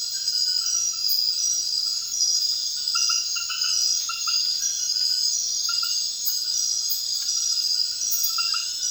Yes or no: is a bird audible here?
no